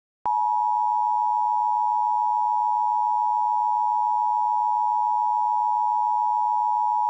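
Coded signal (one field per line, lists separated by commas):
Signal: Emergency Alert System (SAME) tones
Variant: 853 and 960 Hz attention tone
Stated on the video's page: Fictional EAS mock based on a Kaiju Paradise creature.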